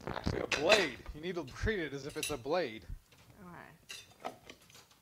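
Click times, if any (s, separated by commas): 4.3 s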